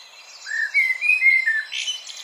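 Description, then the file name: Common blackbird giving a short, smooth whistled phrase of a few flowing notes, ending in a brief high scratchy note. "Turdus merula"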